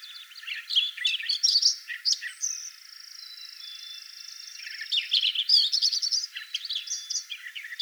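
Lincoln's sparrow singing two jumbled, wren-like songs of quick trills and chirps, separated by a long, steady, high tone.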